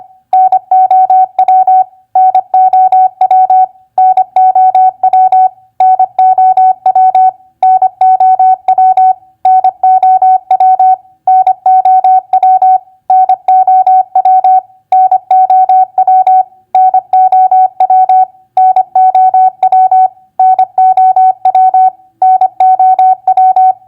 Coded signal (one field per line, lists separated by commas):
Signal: Morse code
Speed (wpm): 25 wpm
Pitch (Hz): 750 Hz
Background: none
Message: NOW NOW NOW NOW NOW NOW NOW NOW NOW NOW NOW NOW NOW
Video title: Morse Code Practice WR2c Word Recognition NEW-OLD-NOW 25wpm